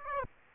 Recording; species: mosquito wingbeat signal from an infrared sensor; Aedes aegypti